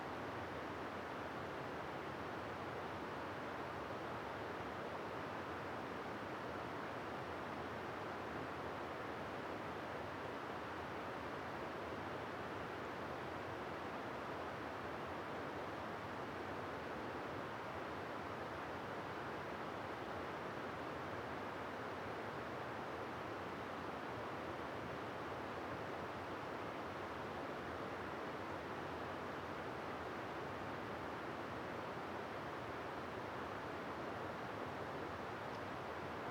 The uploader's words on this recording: This was recorded on cool summer night in the forest high in the valley of the North Fork of the Sacramento River in Shasta-Trinity National Forest, Siskiyou County, California. The rushing water of several mountain streams is heard in the distance, providing a soothing background to a calm and peaceful night. I used the tree ears recording technique for this recording, in this case a mature Western White Pine.